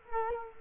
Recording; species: mosquito wingbeat signal from an infrared sensor; Culex quinquefasciatus